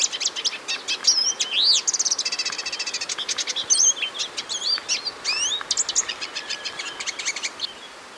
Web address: Natures Songs S America Birds of Ecuador Olivaceous Siskin